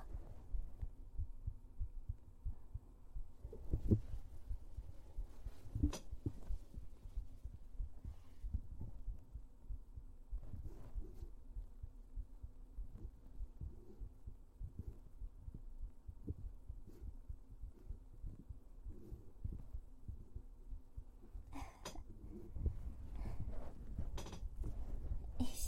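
Soft, low, regular thumping of an adult heartbeat through a stethoscope, with faint rubbing and handling noise.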